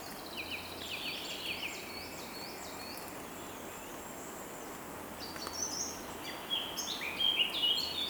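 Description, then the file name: Bird song in bright warbled phrases of quick chirps and trills, clustered near the start and again toward the end, over steady soft hiss. In the morning. "Deep Sleep Sleep Sound Library Body HI - Morning Bird Song"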